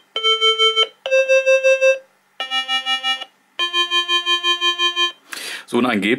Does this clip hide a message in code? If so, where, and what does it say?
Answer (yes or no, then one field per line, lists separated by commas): no